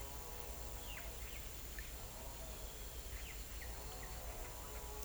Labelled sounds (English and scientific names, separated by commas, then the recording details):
none
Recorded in pastures near Puerto Asís, Putumayo, Colombia, on 21 December 2024 at 10:00
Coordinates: 0.486, -76.323
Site GP01